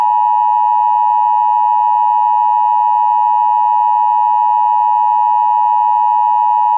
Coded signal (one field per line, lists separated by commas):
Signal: Emergency Alert System (SAME) tones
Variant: 853 and 960 Hz attention tone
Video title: Angry EAS: Severe Thunderstorm Warning